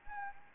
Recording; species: mosquito wingbeat signal from an infrared sensor; Anopheles gambiae